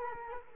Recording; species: mosquito wingbeat signal from an infrared sensor; Culex quinquefasciatus